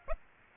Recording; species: mosquito wingbeat signal from an infrared sensor; Aedes aegypti